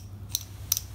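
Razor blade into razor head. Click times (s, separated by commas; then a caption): 0.3 s, 0.7 s. A safety razor blade is twisted down into the tight, rigid metal head of the razor, making small, sharp, high-pitched crunching clicks at about 0.4 s and 0.7 s, with a softer click just after. The blade seats in the head with a crunch because the fit is so tight and rigid.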